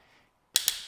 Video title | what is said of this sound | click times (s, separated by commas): Thule TopRide Bike Rack Overview | is at the proper tightness which is indicated by the clicking sound | 0.6 s, 0.7 s